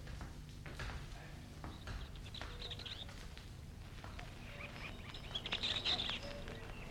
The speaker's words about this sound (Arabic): شوف الجنينة جميلة ازاي. شوف العصافير يا مولاي.